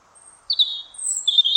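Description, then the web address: European robin song fragment: a thin high whistle, then sweet warbling notes that slide downward, ending on a bright high phrase, with a faint low hum beneath. "Deverinetal 2025 File origin Bird Only Er Ru"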